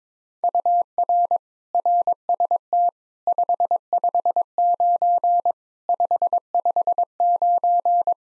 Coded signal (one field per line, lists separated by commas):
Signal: Morse code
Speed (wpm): 22 wpm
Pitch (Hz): 700 Hz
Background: none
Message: UR RST 559 559